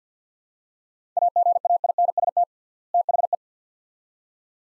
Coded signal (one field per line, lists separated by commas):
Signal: Morse code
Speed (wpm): 50 wpm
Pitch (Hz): 700 Hz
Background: none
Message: AGAINST THE